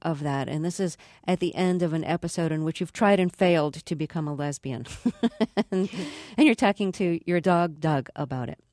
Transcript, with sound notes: and this is at the end of an episode in which you've tried and failed to become a lesbian.
(Soundbite of laughter)
And you're talking to your dog Doug about it.